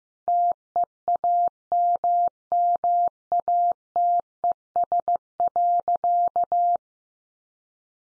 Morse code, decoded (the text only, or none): TEAMMATES.